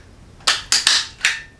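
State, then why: Not seated. With a Caldwell Universal Pistol Loader, one more pistol round is pressed into an already full polymer pistol magazine, giving sharp knocks at about 0.5, 0.7, 0.9 and 1.3 seconds. The round does not go in and nothing has seated or clicked yet, because the full magazine cannot take another round and is being pushed out instead.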